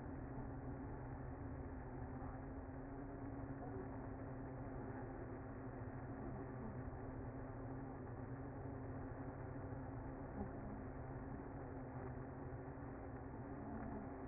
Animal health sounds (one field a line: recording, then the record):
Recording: honeybee colony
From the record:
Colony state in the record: active